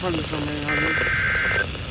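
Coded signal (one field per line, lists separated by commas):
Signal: Emergency Alert System (SAME) tones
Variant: header bursts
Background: speech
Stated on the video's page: EAS alerts received while camping.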